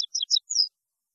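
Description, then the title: European goldfinch song, a quick series of four high tinkling notes. "Chant Chardonneret"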